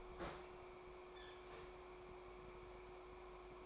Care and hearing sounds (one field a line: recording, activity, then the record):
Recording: daily activity, microphone in the room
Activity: open fridge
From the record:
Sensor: 1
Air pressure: 1004.6 hPa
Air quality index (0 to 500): 192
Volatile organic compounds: 16 ppm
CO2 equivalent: 2545 ppm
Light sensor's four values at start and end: 5/11/4/4 and 5/11/4/4